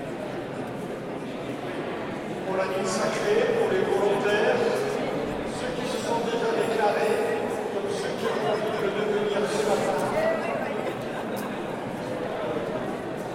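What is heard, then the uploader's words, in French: A crowd murmurs inside a church before a concert, many voices blending into a dense, steady babble with a roomy echo. Around three to five seconds and again near ten seconds a few voices rise a little louder, while footsteps and small knocks sit underneath. Etrange brouhaha à l'Eglise St Merry de Paris. Beaucoup de monde pour la préparation d'un concert.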